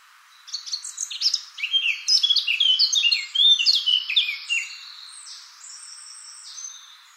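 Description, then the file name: Eurasian blackcap song: a fast, dense warble of scratchy and fluty notes for about four seconds, trailing into a few thin high whistles. "Sylvia atricapilla"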